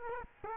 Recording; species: mosquito wingbeat signal from an infrared sensor; Culex quinquefasciatus